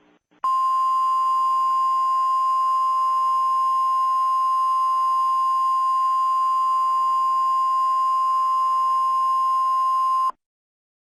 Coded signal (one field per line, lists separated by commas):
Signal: Emergency Alert System (SAME) tones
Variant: 1050 Hz attention tone